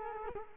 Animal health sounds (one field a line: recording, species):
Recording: mosquito wingbeat signal from an infrared sensor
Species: Culex quinquefasciatus